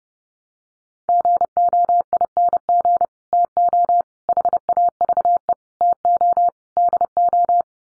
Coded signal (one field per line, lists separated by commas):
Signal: Morse code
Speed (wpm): 30 wpm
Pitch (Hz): 700 Hz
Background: none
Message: GOING TO HAVE TO DO